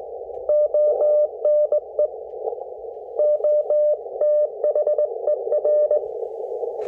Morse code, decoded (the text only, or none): ONE OTHER